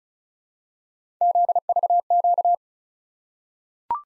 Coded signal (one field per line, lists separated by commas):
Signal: Morse code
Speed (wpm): 36 wpm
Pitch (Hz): 700 Hz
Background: none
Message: ZVQ